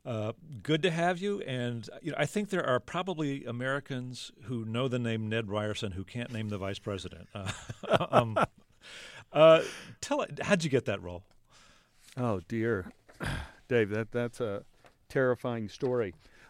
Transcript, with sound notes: Good to have you, and I think there are probably Americans who know the name Ned Ryerson who can't name the vice president.
(LAUGHTER)
Tell - how'd you get that role?
Oh dear, Dave, that's a terrifying story.